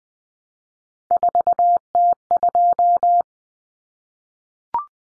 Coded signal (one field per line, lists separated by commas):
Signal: Morse code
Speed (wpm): 20 wpm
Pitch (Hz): 700 Hz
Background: none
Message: 4T2